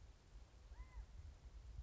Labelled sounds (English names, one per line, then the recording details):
California Quail
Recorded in Sonoma County, California